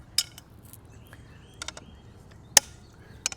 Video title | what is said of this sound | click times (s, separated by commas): MTRVR Folding Camping Table easy to set up durable & compact #campinggear #collapsible #table | they just snap right into place | 0.2 s, 2.6 s